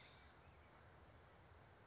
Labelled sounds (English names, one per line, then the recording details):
California Towhee
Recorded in Sonoma County, California